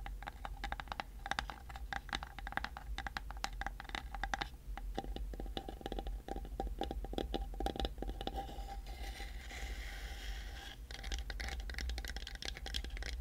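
Quick tapping and scratching, with sharp clicks coming in dense, irregular bursts nearly throughout. Around nine to eleven seconds the taps thin out into a softer, hissing scrape before dense tapping resumes. A low steady hum sits underneath.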